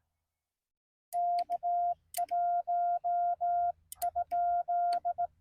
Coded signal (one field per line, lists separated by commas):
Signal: Morse code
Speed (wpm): 19 wpm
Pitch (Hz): 690 Hz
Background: none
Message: K1?